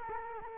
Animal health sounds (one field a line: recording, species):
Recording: mosquito wingbeat signal from an infrared sensor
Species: Culex quinquefasciatus